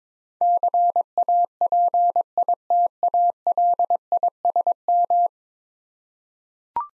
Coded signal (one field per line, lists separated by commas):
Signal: Morse code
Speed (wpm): 22 wpm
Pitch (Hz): 700 Hz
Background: none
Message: CAPITALISM